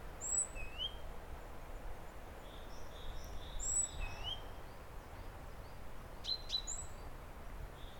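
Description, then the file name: Great tit call pairs, a piercing high note then a lower rising whistle, given twice with soft faint notes and two brief clicks, over low rumble. "Parus major"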